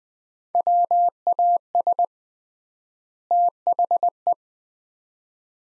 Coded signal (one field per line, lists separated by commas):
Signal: Morse code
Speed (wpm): 20 wpm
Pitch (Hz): 700 Hz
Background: none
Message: WAS THE